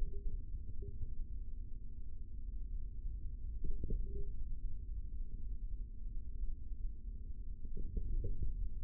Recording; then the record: forearm muscle sounds (acoustic myography)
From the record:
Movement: finger pinch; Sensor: system 3, bracelet of six PUI Audio POM-2738L microphones around the upper forearm, with dedicated amplification and filtering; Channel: 5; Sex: male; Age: 25 years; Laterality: right